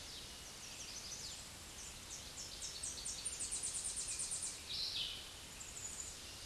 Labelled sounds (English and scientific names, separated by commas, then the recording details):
Tennessee Warbler (Leiothlypis peregrina) song
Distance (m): 15 m
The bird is about 5 m above the microphone
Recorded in a Pennsylvania forest on 16 May 2024 at 07:33
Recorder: AudioMoth, point MSD-0178
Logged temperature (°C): 15.3 °C
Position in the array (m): 70 m, 59 m